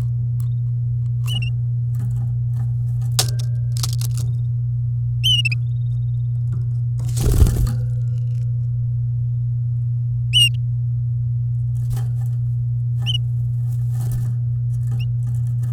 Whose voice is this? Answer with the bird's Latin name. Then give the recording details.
Serinus canaria. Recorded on 11 May 2018 at 08:47. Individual llb16